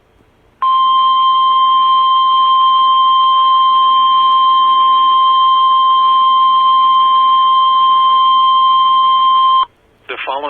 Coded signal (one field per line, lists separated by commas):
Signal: Emergency Alert System (SAME) tones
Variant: 1050 Hz attention tone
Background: speech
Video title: (EXTREMELY RARE!!!!!!)(EAS#170) Shelter In Place Warning (12-8-2020)